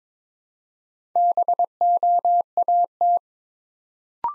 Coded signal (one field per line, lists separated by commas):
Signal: Morse code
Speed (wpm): 23 wpm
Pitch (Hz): 700 Hz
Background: none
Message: BOAT